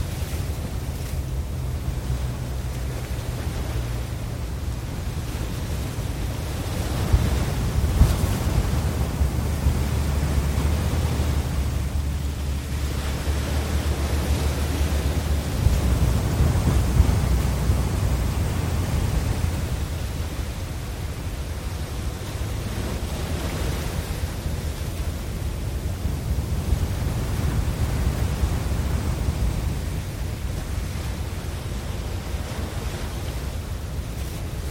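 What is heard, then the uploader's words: Ocean waves roll onto the shore in a steady, dense wash of low rumble and hiss. Surges swell around 7, 15 and 25 seconds, then ease back. A deep, even drone hums underneath throughout. Tranquil Ocean Waves. Ocean waves from the beautiful shores of Malibu, California.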